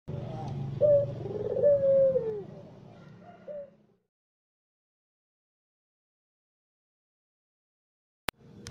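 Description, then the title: Barbary dove cooing: a few notes including a long falling coo, then silence, a sharp click and faint noise at the end. White Barbary dove; used as training audio for songbirds. "Masteran Burung Puter Putih"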